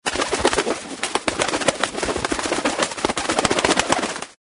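Bird wing flaps, a rapid, dense flutter of soft beats running for about four seconds with a few brief lulls, and no calls.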